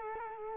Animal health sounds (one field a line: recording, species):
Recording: mosquito wingbeat signal from an infrared sensor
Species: Culex quinquefasciatus